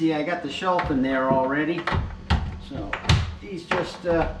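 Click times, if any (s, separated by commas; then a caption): none. Someone talks while handling a clip or hinge part at a lower kitchen cabinet box that already has its shelf in. Sharp knocks are heard around 2.3, 2.9 and 3.1 seconds. Nothing has snapped into place yet.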